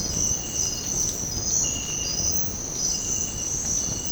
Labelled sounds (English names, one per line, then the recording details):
none
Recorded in secondary vegetation near Puerto Asís, Putumayo, Colombia, on 8 March 2025 at 06:00
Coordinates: 0.481, -76.318
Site G097